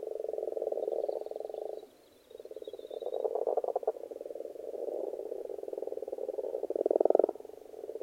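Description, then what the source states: Frogs croaking in a dense pulsed chorus, overlapping rattling calls with a brief pause near two seconds and a louder burst toward the end. Frogs in a pond.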